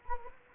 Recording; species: mosquito wingbeat signal from an infrared sensor; Anopheles gambiae